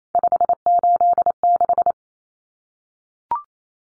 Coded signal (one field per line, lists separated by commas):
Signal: Morse code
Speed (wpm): 28 wpm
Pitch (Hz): 700 Hz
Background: none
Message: 586